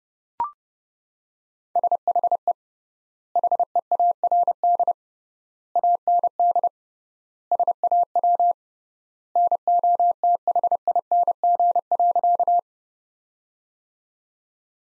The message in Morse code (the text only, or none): SHE HEARD AND SAW NOTHING.